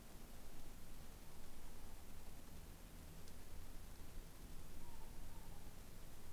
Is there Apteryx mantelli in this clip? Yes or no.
no